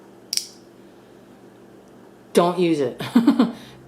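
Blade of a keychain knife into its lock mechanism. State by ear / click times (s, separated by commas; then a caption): seated / 0.3 s. The blade of a small keychain knife tool is opened until it engages its lock mechanism, giving a sharp, bright click at 0.3 s that shows the blade is locked in place. Quiet follows until someone talks from about 2.4 s to the end.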